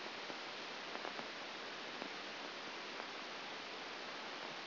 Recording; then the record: brain microelectrode recording played as sound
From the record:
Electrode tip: outside the subthalamic nucleus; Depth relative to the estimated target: -6 mm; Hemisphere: left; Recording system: AlphaMap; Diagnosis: Parkinson's disease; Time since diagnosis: 9 years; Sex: male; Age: 68 years